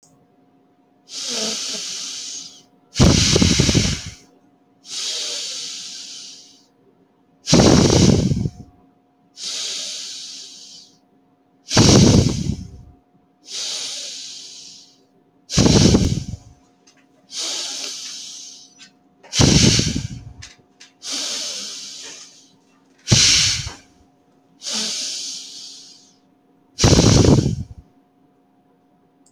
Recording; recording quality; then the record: deep breathing; excellent, no background noise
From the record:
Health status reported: healthy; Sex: male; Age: 33 years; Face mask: not worn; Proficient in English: yes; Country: India